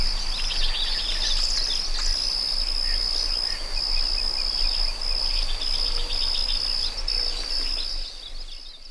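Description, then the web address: Cricket chirping as a steady high insect trill, with a low rumble of background noise. Meadow. "Dr Sound Effects. A Meadow With Birds and Crickets"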